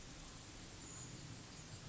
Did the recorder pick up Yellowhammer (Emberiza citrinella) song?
no